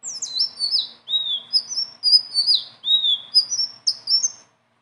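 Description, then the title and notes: Leafbird song: rapid high whistled notes sliding downward, given in quick bursts with brief pauses between phrases. Strong continuous song (gacor) with rolling phrases (ngeroll) and fill notes (isian); a training song (masteran). "BURUNG SELENDANG BIRU GACOR NGEROLL ISIAN. masteran"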